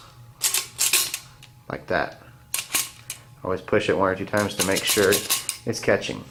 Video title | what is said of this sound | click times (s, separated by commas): Cleaning AR 15 | it's all the way in and it'll snap into place like | 0.9 s